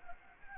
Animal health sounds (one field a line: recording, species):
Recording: mosquito wingbeat signal from an infrared sensor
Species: Anopheles arabiensis